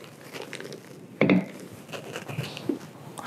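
The double-lift mattress frame of a storage bed is simply pressed down to close it onto the storage box base. A sharp hit sounds at 1.2 s as the frame settles home, followed by quieter rustling and knocks. The frame is seated shut.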